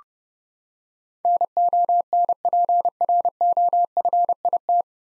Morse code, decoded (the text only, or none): NONPROFIT